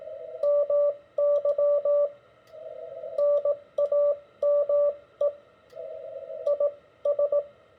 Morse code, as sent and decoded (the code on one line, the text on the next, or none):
-- -.-- / -. .- -- . / .. ...
MY NAME IS